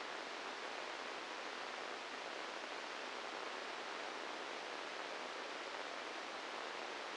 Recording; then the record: brain microelectrode recording played as sound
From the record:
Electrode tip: inside the subthalamic nucleus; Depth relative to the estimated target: 2 mm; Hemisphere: right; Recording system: NeuroSet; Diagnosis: Parkinson's disease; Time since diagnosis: 15 years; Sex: female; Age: 59 years